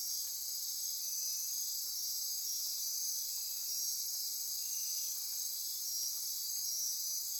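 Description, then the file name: Insect chorus, constant high-pitched ringing trills from many callers blending into one steady shimmering drone. Insect chorus recorded at midnight near Corcovado. "Wind-is-the-Original-Radio-Fridays 20240628 Andy-Martin Midnight-Insect-Chorus-Near-Corcovado"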